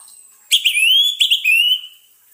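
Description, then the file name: Orange-headed thrush singing a short phrase of quick chipped notes leading into a smooth, slightly rising whistle, repeated twice within a second and a half. Sound used as a lure so the bird is not stressed. "suara pancingan burung anis merah agar tidak stress"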